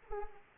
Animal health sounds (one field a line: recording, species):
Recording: mosquito wingbeat signal from an infrared sensor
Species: Anopheles arabiensis